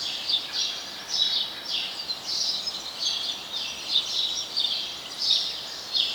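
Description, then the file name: House sparrow chirping, an uneven series of high bright chirps with a constant hiss behind. "Passer domesticus"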